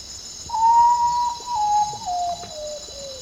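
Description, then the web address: Common potoo with a long, melancholy whistled phrase that descends in steps from a higher note to lower ones, over a soft high insect hum. Eastern lowlands of South America. "ENTER Music and Audio. Nature Songs S America Eastern Lowlands. Common Potoo"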